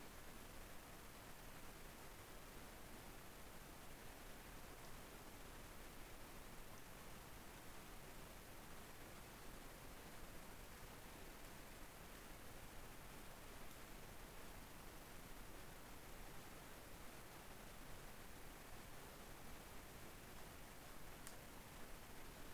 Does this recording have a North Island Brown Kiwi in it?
no